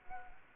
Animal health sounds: mosquito wingbeat signal from an infrared sensor; Culex quinquefasciatus

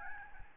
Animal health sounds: mosquito wingbeat signal from an infrared sensor; Aedes albopictus

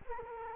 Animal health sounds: mosquito wingbeat signal from an infrared sensor; Culex quinquefasciatus

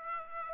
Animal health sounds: mosquito wingbeat signal from an infrared sensor; Aedes aegypti

